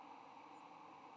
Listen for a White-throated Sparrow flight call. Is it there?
no